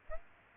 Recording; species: mosquito wingbeat signal from an infrared sensor; Aedes aegypti